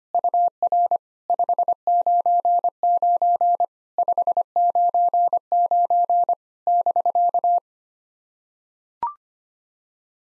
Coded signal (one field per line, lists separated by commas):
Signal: Morse code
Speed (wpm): 25 wpm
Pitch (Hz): 700 Hz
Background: none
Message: UR 599 599 <BK>